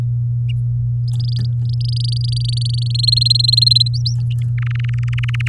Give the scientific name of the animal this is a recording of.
Serinus canaria